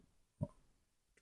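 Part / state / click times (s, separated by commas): plastic arm onto ball joint in action figure shoulder/wrist / not seated / none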